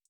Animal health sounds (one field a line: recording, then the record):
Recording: hydrophone in a shrimp aquaculture tank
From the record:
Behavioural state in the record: feeding